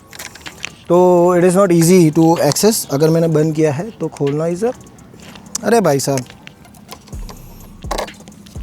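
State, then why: Seated. Someone talks while handling the plastic USB port cover on a Hero XPulse 210 motorcycle, with small handling clicks and taps throughout. At 7.9 s the cover's latch clicks back into its locked position, shutting again.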